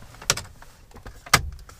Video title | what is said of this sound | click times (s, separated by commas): DIY CRUISE CONTROL GUIDE - MK5/6 GOLF, EOS, PASSAT, A3 | it so you should hear it all click back to place because yeah there we go you | 0.3 s, 1.3 s